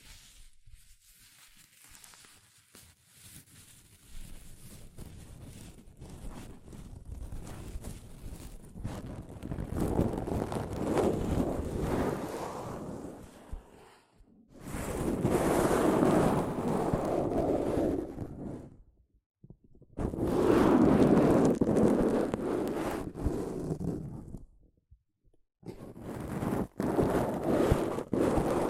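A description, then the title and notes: Soft fabric brushes against a microphone in a rough, rustling wash that swells and drops out in bursts. It starts faint and grows louder after about ten seconds, with loud stretches around 15 to 18 and 20 to 24 seconds, separated by short silences. ASMR Mic Brushing using Soft Fabric (No Talking).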